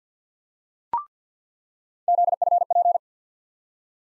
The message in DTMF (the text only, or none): none